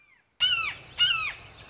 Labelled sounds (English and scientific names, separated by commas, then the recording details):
Red-shouldered Hawk (Buteo lineatus)
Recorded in Sonoma County, California